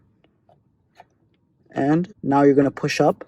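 In a 2022–2026 Honda Civic, the glove box damper arm lever is pulled out a bit and lined up before being pushed up onto its mounting post in the dashboard, making only a few faint handling ticks. Someone then talks. Nothing has seated or clicked yet.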